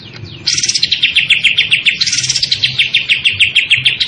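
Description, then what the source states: Greater green leafbird singing a rapid rolling series of ringing notes, delivered continuously after a brief quiet start, with a sweeping high component above. Described as gacor, meaning the bird sings vigorously and continuously.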